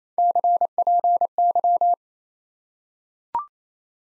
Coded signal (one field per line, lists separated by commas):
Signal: Morse code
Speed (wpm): 28 wpm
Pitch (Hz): 700 Hz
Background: none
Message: CPY